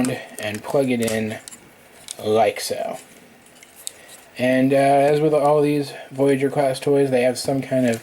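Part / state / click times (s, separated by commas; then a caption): plastic toy part into a socket on the figure / seated / 3.9 s. A plastic part of a transforming action figure is plugged into its socket on the figure. Someone talks before and after a quiet stretch, and the part seats with a sharp, short click at 3.9 seconds.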